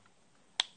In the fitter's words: bam you hear that click